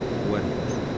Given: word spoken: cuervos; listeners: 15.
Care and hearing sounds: one Spanish word in noise, from a listening test; speech-shaped noise; -4.5 dB; 2 of 15; 6 of 15; 0.58 s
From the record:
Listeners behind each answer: 6, 3, 3, 2, 1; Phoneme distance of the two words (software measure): 10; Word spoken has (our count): 2 syllables, 7 phonemes, stress on syllable 1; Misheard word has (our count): 2 syllables, 7 phonemes, stress on syllable 1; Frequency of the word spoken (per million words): 2.88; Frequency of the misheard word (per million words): 54.51

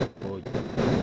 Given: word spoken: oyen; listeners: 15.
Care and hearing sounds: one Spanish word in noise, from a listening test; noise modulated by one talker; -7.9 dB; 0 of 15; 6 of 15; 0.62 s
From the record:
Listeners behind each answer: 6, 2, 2, 1, 1, 1, 1, 1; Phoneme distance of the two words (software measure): 24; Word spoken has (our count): 2 syllables, 4 phonemes, stress on syllable 1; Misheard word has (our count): 2 syllables, 4 phonemes, stress on syllable 1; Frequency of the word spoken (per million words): 6.94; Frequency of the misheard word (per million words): 19.61

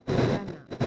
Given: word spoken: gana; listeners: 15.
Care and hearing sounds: one Spanish word in noise, from a listening test; noise modulated by one talker; -11.5 dB; 0 of 15; 11 of 15; 0.47 s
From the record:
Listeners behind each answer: 11, 2, 1, 1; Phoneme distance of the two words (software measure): 31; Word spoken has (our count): 2 syllables, 4 phonemes, stress on syllable 1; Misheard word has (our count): 3 syllables, 7 phonemes, stress on syllable 2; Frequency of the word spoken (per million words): 37.30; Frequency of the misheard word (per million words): 59.36

